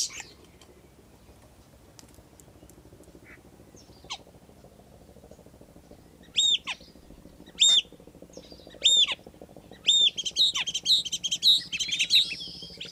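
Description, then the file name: Common starling song opening with sparse, separate whistled and clicking notes, then a run of quick buzzy chatter and rattles in the last few seconds. "kuldnokk"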